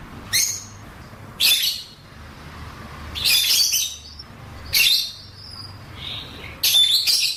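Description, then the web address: Fischer's lovebird calls, loud harsh shrieks coming in bursts about every one to two seconds, separated by quieter gaps. "golosa ptic kak poyut popugai nerazlucniki agapornis. parrots agapornis-fischeri"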